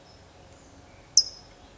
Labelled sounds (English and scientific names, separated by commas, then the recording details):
California Towhee (Melozone crissalis)
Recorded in Sonoma County, California